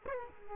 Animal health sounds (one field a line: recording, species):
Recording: mosquito wingbeat signal from an infrared sensor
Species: Culex quinquefasciatus